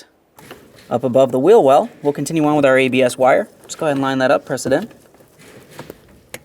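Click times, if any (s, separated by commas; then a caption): 6.3 s. On a 2015-2020 Ford F-150 during a wheel bearing and hub assembly replacement, the ABS sensor wire connector is lined up and pressed into its mating plastic harness connector above the wheel well. Someone talks for most of the clip, then after some faint handling noises a sharp click is heard at 6.3 s as the connector seats.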